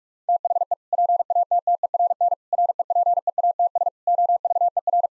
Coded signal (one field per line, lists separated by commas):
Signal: Morse code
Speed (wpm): 46 wpm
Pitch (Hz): 700 Hz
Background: none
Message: THE PATTERN REPEATS OVER